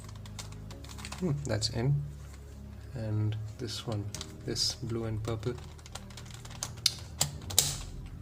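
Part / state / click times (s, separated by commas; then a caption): plastic piece into twisty puzzle cube / seated / 7.6 s. Someone talks while pushing a blue and purple plastic piece into a partly assembled WitEden Octahedral Mixup Plus II twisty-puzzle cube during reassembly. A run of sharp plastic clicks follows, and the piece snaps into place at 7.6 s.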